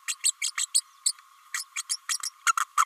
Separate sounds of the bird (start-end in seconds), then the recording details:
0.08-0.14, 0.23-0.32, 0.41-0.51, 0.57-0.66, 0.74-0.81, 1.05-1.12, 1.53-1.64, 1.76-1.82, 1.89-1.97, 2.09-2.19, 2.46-2.52, 2.57-2.60, 2.77-2.85. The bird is a female. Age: 29 days. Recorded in a nest box in Venezuela. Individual 17B32A5